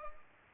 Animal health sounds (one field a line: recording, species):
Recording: mosquito wingbeat signal from an infrared sensor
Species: Culex pipiens